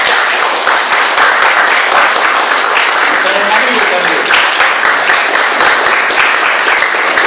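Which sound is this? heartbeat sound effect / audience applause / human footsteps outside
audience applause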